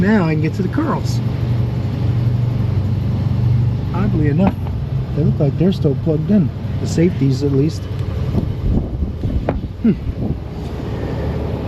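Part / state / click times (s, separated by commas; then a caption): ignition coil wiring connector unplugging from the coil / released / 9.5 s. During a misfire repair, the locking safety on an ignition coil's plastic electrical connector is released so the connector can be unplugged from the coil. Someone talks over a steady low engine-like hum. A single sharp click at 9.5 seconds marks the connector coming open.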